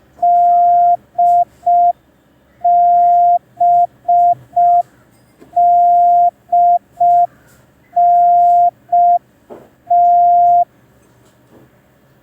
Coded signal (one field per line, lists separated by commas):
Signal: Morse code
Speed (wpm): 5 wpm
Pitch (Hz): 700 Hz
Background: none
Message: DBDNT